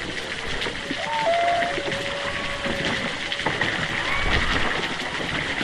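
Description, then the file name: Humpback whale calls, faint drawn-out tonal moans heard underwater, partly masked by constant splashing of choppy water. Underwater recording of a distant humpback off east Australia in August, with choppy water movement. "zapsplat animals whales humpback underwater distant east australia"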